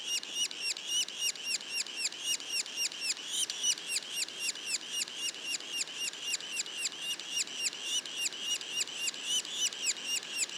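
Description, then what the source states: Yellow-bellied sapsucker calling in a long, even run of fast squeaky notes, roughly four per second, steady throughout. Juveniles, recorded in Mont-Orford National Park, Quebec.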